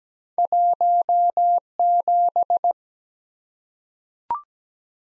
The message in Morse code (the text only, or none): 1 7